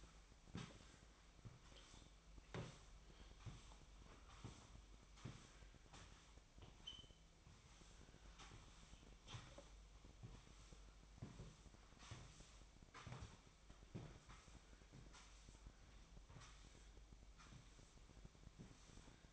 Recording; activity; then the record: daily activity, microphone in the room; sweep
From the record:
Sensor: 1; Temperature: 24.7 degrees Celsius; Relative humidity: 39.7%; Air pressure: 1001.6 hPa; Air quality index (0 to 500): 220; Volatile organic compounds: 29 ppm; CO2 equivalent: 2933 ppm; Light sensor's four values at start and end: 8/30/10/12 and 8/30/10/12